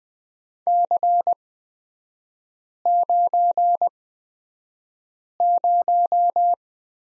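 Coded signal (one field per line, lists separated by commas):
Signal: Morse code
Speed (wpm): 20 wpm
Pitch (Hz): 700 Hz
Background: none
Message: C90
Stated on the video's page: Morse lesson on the prosign BT at Farnsworth speed 20/10 wpm.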